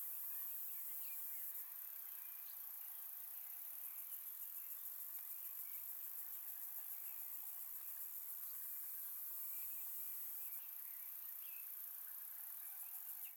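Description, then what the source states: Insect chorus, a continuous shrill hum. A sharper high buzzing layer cuts in near the start, holds, then drops out late, with faint scattered chirps beneath. Insects in a park in Croatia.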